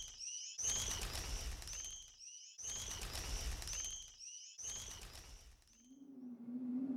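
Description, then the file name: Swift calls, high shrill screams in a few bursts, followed by a low hum near the end. "Martinet"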